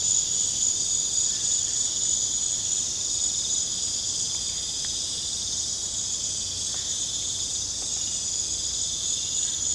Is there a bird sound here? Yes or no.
no